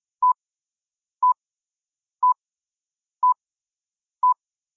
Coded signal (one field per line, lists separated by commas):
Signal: radio time signal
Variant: time pips